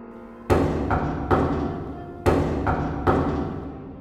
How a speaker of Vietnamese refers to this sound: Nhưng bầu không khí tĩnh lặng ấy chỉ kéo dài chưa đến 3 giây, tiếng gõ cửa lại vang lên lần nữa.